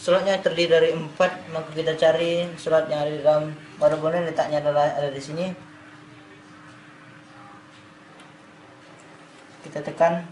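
A four-pin cable connector from the optical drive is lined up with its socket on the motherboard, ready to be pressed in. Someone talks for about the first five and a half seconds, followed by a quiet stretch with a faint steady hum, and then talking resumes briefly near the end. Nothing has been pressed or clicked into place yet.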